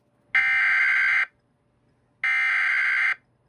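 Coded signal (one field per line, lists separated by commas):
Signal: Emergency Alert System (SAME) tones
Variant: header bursts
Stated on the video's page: Fisheries Statement relayed on a radio station through a BURK relay.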